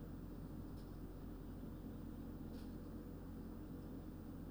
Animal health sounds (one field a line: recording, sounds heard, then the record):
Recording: poultry house recording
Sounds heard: no chicken sound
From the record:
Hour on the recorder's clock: 21